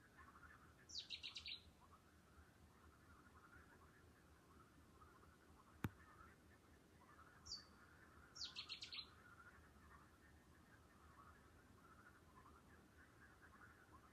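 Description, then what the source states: Bird gives two bursts of quick high chirps about seven seconds apart, the second preceded by a short falling whistle; soft hum and a single sharp click between. Calling at night.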